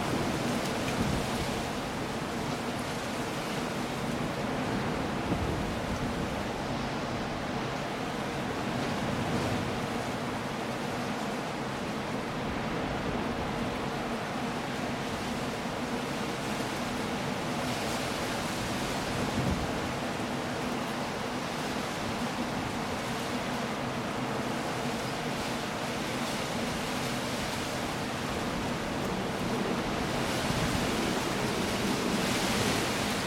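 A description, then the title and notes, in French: A storm on the coast roars as a dense, steady wash of noise that fills the range from low rumble to bright hiss. The level barely shifts across the half minute, with small swells and a few brief surges rather than distinct breaking waves. Une tempête sur la côte. La côte sauvage des rivages du sud-ouest de l'Angleterre. Une tempête vigoureuse, tandis que les vagues s'écrasent contre les falaises escarpées et que la pluie danse sur la terre.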